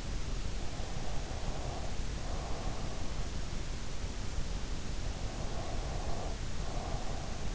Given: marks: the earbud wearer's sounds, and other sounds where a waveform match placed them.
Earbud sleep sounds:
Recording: sounds in sleep by an in-ear microphone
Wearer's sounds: breath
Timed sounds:
0.72-3.30 s: breath
5.17-7.55 s: breath

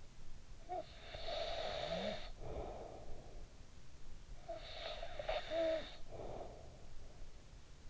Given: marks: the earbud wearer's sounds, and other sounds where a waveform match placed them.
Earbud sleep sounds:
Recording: sounds in sleep by an in-ear microphone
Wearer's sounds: snoring breath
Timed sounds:
0.56-3.99 s: snoring breath
4.25-7.90 s: snoring breath

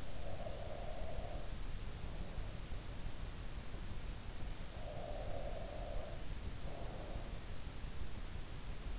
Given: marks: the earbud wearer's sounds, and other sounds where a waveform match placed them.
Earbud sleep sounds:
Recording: sounds in sleep by an in-ear microphone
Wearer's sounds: breath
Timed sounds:
0.00-1.77 s: breath
4.57-7.60 s: breath

